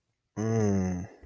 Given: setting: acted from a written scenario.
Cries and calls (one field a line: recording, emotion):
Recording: vocal sound without words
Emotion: desire